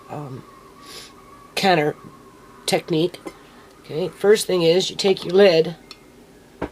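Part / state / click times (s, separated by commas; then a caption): metal lug lid on glass canning jar / released / 6.6 s. A metal lug lid on a glass canning jar is handled while someone talks. The lid gives a single sharp pop at 6.6 s, releasing.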